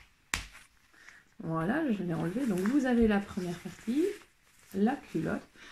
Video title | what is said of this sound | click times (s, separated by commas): SKandal CL | un inter qui se clipse grâce au précieux voilà | 0.3 s